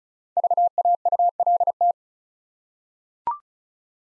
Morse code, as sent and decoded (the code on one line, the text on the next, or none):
...- .- ..- .-.. -
VAULT